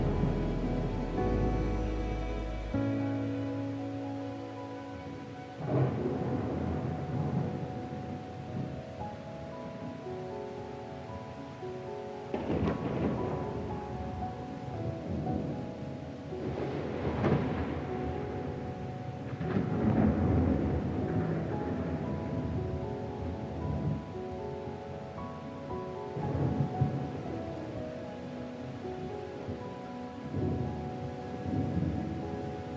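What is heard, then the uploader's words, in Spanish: Steady rain hisses under rolling thunder that swells roughly every five to seven seconds, while soft classical music plays sustained notes throughout. Duerma con los sonidos relajantes del trueno y la lluvia, acompañados de música clásica suave.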